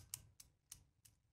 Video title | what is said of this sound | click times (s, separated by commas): Adjustable-jaw Pliers Basics -- features and differences | can hear it snapping but then you can't push it back open further until you release it all the way | 0.1 s, 0.4 s, 0.7 s, 1.1 s